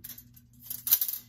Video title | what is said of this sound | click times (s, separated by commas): I’m loving my HiBoy ECOM14 electric scooter | it just pops into place look at that that's real cool | 0.9 s